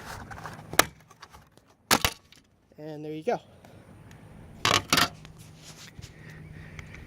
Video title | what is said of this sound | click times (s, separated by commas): Install 2013 Buick Enclave Roof Rack Cross Rails | and they're snapped into place so just go ahead and continue to do that and there | 0.8 s